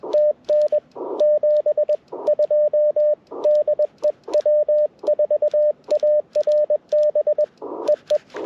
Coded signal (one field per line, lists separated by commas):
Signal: Morse code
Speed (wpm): 21 wpm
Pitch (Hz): 590 Hz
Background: radio noise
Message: TN 72 DE W4ARB EE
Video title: Morning Morse Code - 01/11/2025